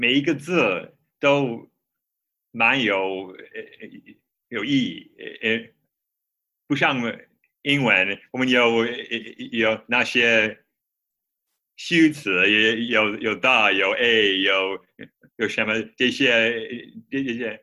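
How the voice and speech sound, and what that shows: Adult man from Minnesota, USA, who stammers, speaking Mandarin as a second language that he studied and lived with in China for four years. His speech is stuttered and broken into short fragments by long silent pauses, with repeated words.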